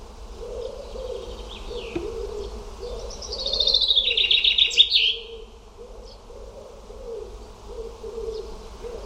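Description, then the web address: Bird song: a brisk, high trill that drops in pitch and lasts about two seconds, with a lower warbling buzz coming and going in the background. "cianscape birddata Deverinetal 2025 Bird Only"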